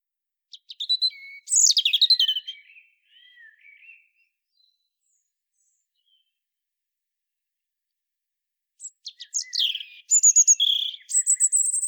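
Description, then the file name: European robin song: sweet, varied warbling phrases with high thin notes, a long quiet gap, then another fast phrase of high trills and whistles. "Erithacus rubecula"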